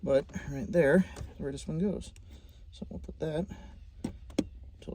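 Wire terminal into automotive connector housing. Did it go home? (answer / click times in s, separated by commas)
yes / 4.4 s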